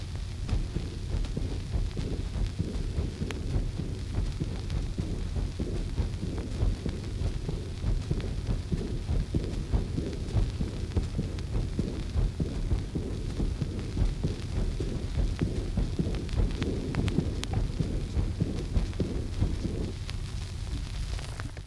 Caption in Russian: Диастолический шум при недостаточности клапанов аорты. Он начинается вместе со вторым тоном сердца, имеет мягкий, дующий характер, слышен во время всей диастолы, затихая к концу ее.